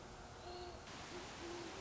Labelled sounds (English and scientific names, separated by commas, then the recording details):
Great Horned Owl (Bubo virginianus)
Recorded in Sonoma County, California